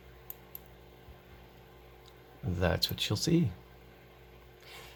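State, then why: Seated. A custom-made printed switch bezel, copied from the outside profile of the original dual fuel tank switch, is pressed into the factory dash switch opening. It gives two sharp, short clicks at 0.3 s and 0.6 s, then someone talks. The bezel snaps in and is seated.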